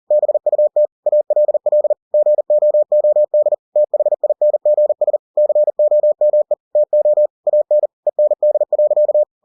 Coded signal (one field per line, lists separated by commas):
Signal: Morse code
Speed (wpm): 40 wpm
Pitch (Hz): 600 Hz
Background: none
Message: BUT ALL GOOD THINGS COME TO AN END.